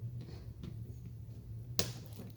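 On a 25-year-old Sea-Doo GTI carburetor, the last of four old carburetor screws in the carburetor body is turned after the other three have already broken loose. Over a steady low hum, it lets go with a single sharp crack at 1.8 seconds, and the screw breaks free.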